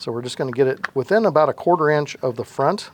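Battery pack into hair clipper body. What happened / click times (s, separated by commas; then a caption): The part is being positioned but has not seated yet / none. Someone talks while reinstalling the removable battery pack in an Andis Pulse ZR II hair clipper, setting it on the alignment guides about a quarter inch from the front before sliding it forward to latch. Only speech is heard; the battery pack has not yet been slid home, and nothing has clicked or seated.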